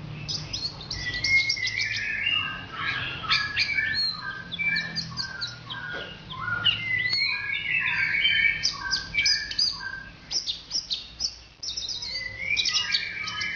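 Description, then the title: Orange-headed thrush song: a long, rich, varied warble mixing mid-pitched whistles with high chirps and trills, delivered almost without pause. "Anis Merah"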